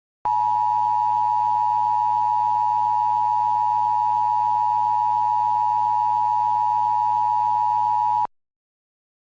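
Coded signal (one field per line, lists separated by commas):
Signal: Emergency Alert System (SAME) tones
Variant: 853 and 960 Hz attention tone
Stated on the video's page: Fictional EAS mock flash flood emergency.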